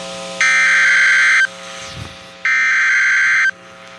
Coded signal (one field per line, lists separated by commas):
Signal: Emergency Alert System (SAME) tones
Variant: header bursts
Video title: Here's more severe weather... (EAS 119-138) 4/20/23